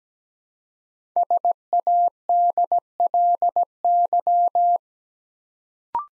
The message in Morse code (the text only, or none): SADLY